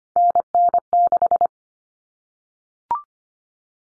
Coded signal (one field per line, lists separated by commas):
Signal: Morse code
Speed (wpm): 25 wpm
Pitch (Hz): 700 Hz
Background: none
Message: NN6